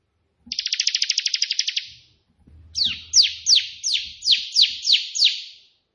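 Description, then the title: Prinia song: a fast buzzy trill, a short pause, then a quick, even series of several sharp slurred chirps. Prenjak putih song with three shooting-style variations (tembakan), intended as tutor song (masteran) for pet prinias. "3 VARIASI TEMBAKAN prenjak putih ini COCOK untuk masteran prenjak anda"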